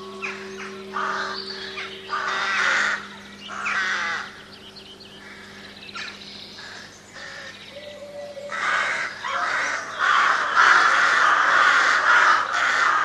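Crows cawing, bursts of harsh caws over a steady low hum early on, then a dense stretch of rasping calls toward the end.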